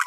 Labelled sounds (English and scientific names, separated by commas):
Green-rumped Parrotlet (Forpus passerinus) babbling